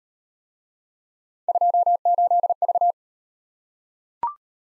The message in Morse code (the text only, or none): 28V